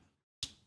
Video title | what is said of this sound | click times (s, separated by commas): How to Transform MP-44 Alt to Bot Mode: Takara Transformers MP-44 Convoy Optimus Prime | nice click there. That fits right in. | 0.4 s